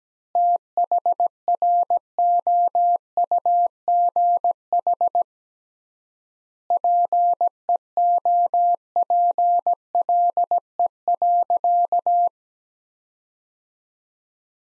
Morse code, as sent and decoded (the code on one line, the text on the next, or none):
- .... .-. --- ..- --. .... / .--. . --- .--. .-.. . .-.-.-
THROUGH PEOPLE.